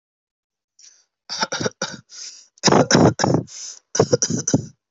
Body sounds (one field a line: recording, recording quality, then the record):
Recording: shallow voluntary cough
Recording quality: excellent, no background noise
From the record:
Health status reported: healthy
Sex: male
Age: 23 years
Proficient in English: yes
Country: India